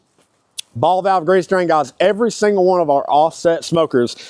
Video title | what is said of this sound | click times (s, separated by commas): The Perfect Patio Smoker | folds up locks in place paper towel utensil holder on there | 0.6 s